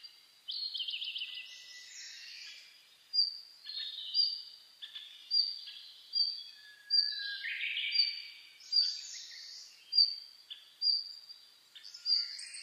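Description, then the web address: Birds in a dawn chorus, one voice giving short sharp high notes roughly every second, over trills and a falling warble from others. Dawn chorus (reimei, saezuri) recorded on 10 May 2010. "sounds data 2010 reimei DH-D 50-saezuri-20100510-0401"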